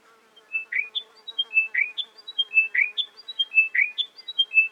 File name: British Library - Chiming Wedgebill Sphenostoma occidentalis